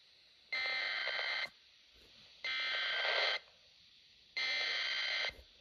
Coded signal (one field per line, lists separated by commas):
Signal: Emergency Alert System (SAME) tones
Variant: header bursts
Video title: An easier and convenient way to self activate your weather radios/scanners (My 2022- Method)